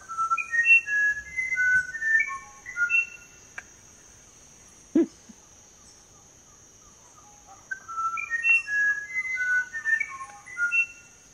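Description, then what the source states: Musician Wren song: pure whistled notes stepping up and down in tuneful phrases, a pause, then the phrases again, over a steady high hum. Lives in the Amazon in South America; some consider its song among the most complex and beautiful in the world.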